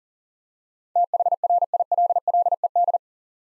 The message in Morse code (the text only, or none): THRILLED